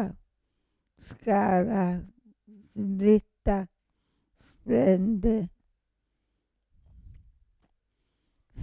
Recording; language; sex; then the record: read list of words; Italian; female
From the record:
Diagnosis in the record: Parkinson's disease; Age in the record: 65 years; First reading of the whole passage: 242 s, 2.1 characters per second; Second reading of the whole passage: 180 s, 2.9 characters per second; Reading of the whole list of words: 168 s, 1.7 characters per second